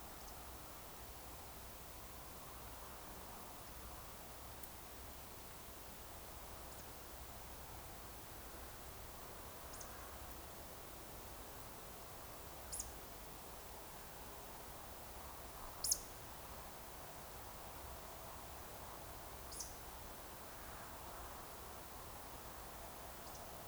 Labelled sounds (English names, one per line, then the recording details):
Eurasian Woodcock whistle
Eurasian Woodcock croak
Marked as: whistle, whistle, whistle, whistle, croak, whistle, croak, whistle, whistle
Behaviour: display flight
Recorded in Baden-Württemberg, Germany, on 29 June 2020 at 02:30 UTC
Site 43791, 788 m above sea level